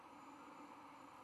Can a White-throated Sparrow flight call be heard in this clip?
no